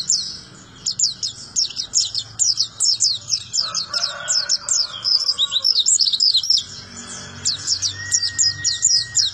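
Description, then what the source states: White-eye song: long run of fast high slurred chirps, with lower warbling notes midway and a steady whistle near the end. Melodious, long song.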